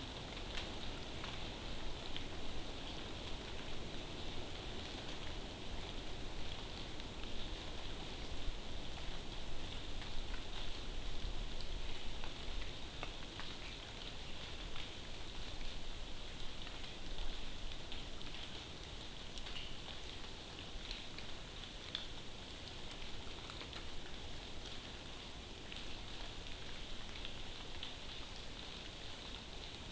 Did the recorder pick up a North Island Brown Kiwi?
no